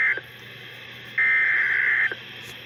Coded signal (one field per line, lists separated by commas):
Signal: Emergency Alert System (SAME) tones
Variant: header bursts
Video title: Most Notable EAS Alert Captures from 2019 & 2020 (#1,741 - 1,770)